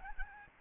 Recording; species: mosquito wingbeat signal from an infrared sensor; Aedes albopictus